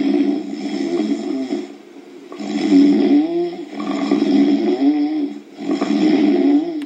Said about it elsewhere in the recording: This is just your classic sawing logs. Definitely annoying. Almost like a cartoon snore.